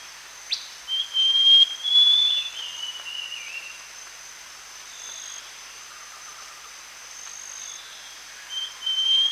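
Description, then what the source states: Scaly-crowned Babbler uttering a few high, pure whistles followed by a slurred falling note, then silence before another whistle at the end, over steady insect drone. Recorded at Danum, Borneo, on 1 January 2008.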